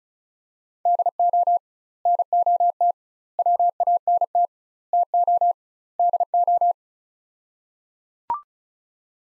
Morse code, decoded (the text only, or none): DO NOT WANT TO DO